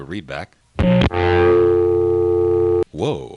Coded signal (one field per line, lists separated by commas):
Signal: telephone call progress tone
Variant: North America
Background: speech, music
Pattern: dial tone